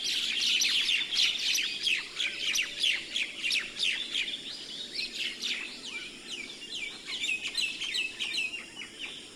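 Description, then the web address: Common myna chattering: a rapid run of sharp, downslurred chirps, about three per second, with some overlapping calls throughout. Recorded February 2011. "2011 02 Martin-triste"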